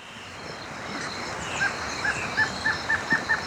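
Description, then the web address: Northern slaty-antshrike song: short clipped notes starting slowly and quickening steadily, over faint background sounds. Ecuador. "Birds of Ecuador 2. Northern Slaty-Antshrike"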